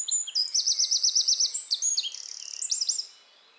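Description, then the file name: Eurasian wren song: very high, rapid notes in a steady rattling trill, then a buzzy stretch and a few looping whistled notes to close. "Troglodytes troglodytes"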